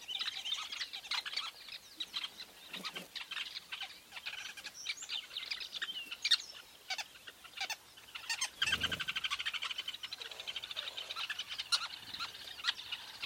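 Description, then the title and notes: Weavers chattering, overlapping high chirps and buzzy notes, with a brief low-pitched burst about two-thirds through. Recorded at a large weaver nest in Etosha National Park, Namibia. "Secret Life Of A Weaver Nest. a large Weaver nest in Etosha NP, Namibia"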